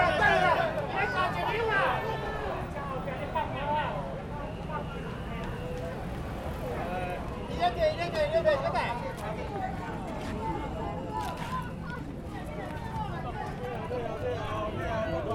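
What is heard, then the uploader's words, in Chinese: Crowd noise at a temple festival in a city street, with many voices talking over one another at once. A steady low rumble of traffic runs underneath, and occasional sharp clacks and knocks break through. 2019艋舺大拜拜_青山宮靈安尊王祭典。台北市萬華區青山宮靈安尊王祭典。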